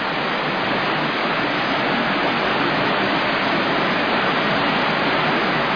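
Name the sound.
rushing water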